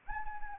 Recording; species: mosquito wingbeat signal from an infrared sensor; Anopheles arabiensis